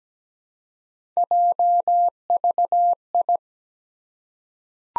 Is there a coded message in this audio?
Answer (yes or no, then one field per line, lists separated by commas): yes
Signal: Morse code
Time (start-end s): 1.2-3.4 s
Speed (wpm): 17 wpm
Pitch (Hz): 700 Hz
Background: none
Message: JVI